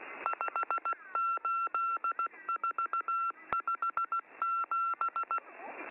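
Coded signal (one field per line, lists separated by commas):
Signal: Morse code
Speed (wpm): 16 wpm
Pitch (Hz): 1360 Hz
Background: none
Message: 58457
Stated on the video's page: M14 number station, MCW on 5947 kHz, training schedule.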